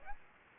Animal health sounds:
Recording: mosquito wingbeat signal from an infrared sensor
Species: Aedes aegypti

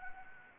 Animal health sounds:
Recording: mosquito wingbeat signal from an infrared sensor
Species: Anopheles gambiae

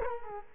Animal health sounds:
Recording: mosquito wingbeat signal from an infrared sensor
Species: Culex quinquefasciatus

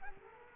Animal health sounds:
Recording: mosquito wingbeat signal from an infrared sensor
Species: Culex quinquefasciatus

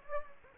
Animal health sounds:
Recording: mosquito wingbeat signal from an infrared sensor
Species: Anopheles gambiae

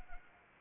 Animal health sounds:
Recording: mosquito wingbeat signal from an infrared sensor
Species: Anopheles arabiensis

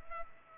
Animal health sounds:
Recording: mosquito wingbeat signal from an infrared sensor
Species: Culex pipiens

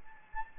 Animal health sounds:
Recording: mosquito wingbeat signal from an infrared sensor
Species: Anopheles gambiae

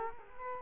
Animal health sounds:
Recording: mosquito wingbeat signal from an infrared sensor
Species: Culex quinquefasciatus

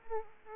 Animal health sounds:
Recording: mosquito wingbeat signal from an infrared sensor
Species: Aedes aegypti

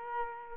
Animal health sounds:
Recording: mosquito wingbeat signal from an infrared sensor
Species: Culex quinquefasciatus

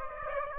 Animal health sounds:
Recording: mosquito wingbeat signal from an infrared sensor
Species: Aedes aegypti

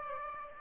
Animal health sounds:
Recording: mosquito wingbeat signal from an infrared sensor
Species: Aedes aegypti

